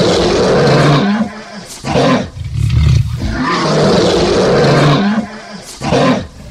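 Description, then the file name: Lion giving heavy, low roars broken by brief pauses, the bouts rising and falling. "Tieng gam cua su tu"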